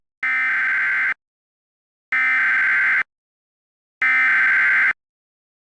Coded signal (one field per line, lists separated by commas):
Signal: Emergency Alert System (SAME) tones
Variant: header bursts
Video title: *VALID TONES* EAS Alien Invasion Scenario (DeltaForge Remake)